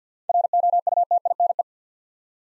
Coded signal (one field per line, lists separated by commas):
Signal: Morse code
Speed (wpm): 50 wpm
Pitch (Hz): 700 Hz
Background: none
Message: ROUTINE